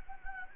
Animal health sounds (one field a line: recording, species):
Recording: mosquito wingbeat signal from an infrared sensor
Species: Anopheles gambiae